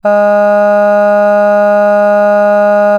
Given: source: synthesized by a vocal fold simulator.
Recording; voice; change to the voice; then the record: sustained vowel; female; none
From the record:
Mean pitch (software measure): 206 Hz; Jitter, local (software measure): 0.20%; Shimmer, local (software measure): 1.5%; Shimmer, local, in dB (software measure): 0.13 dB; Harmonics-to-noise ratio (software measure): 31.6 dB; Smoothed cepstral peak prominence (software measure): 18.9 dB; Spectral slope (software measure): -21.9 dB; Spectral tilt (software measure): -8.6 dB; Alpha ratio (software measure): -12.4 dB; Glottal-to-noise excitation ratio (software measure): 0.975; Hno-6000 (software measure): 2.5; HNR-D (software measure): 40.2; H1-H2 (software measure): 9.5 dB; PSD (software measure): 2.0e-05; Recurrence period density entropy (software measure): 0.135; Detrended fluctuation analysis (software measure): 0.0274